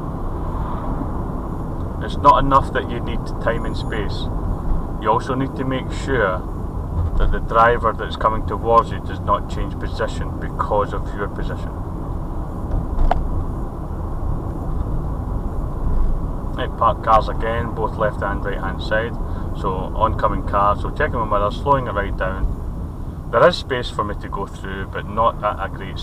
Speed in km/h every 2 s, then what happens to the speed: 40, 39, 35, 31, 32, 34, 35, 35, 35, 34, 29, 21, 19.
0-6 slows to 31. 6-16 steady at about 34. 16-22 slows to 21.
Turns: none.